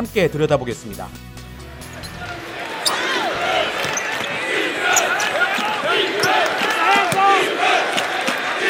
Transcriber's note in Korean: 녹취: 농구 경기장 현장음